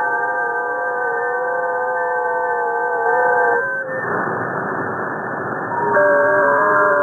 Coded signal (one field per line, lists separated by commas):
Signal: FT8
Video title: SDR RTL USB Receivers